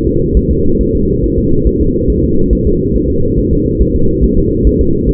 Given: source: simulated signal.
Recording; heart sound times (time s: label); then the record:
fetal heart sounds
0.07 s: S2
0.37 s: S1
0.51 s: S2
0.81 s: S1
0.95 s: S2
1.24 s: S1
1.38 s: S2
1.67 s: S1
1.81 s: S2
2.10 s: S1
2.24 s: S2
2.53 s: S1
2.67 s: S2
2.96 s: S1
3.10 s: S2
3.39 s: S1
3.53 s: S2
3.81 s: S1
3.96 s: S2
4.24 s: S1
4.38 s: S2
4.67 s: S1
4.81 s: S2
5.09 s: S1
From the record:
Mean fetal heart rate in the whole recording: 140 bpm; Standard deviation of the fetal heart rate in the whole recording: 2 bpm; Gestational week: 34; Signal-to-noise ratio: -16.4 dB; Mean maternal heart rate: 72 bpm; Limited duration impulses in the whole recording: present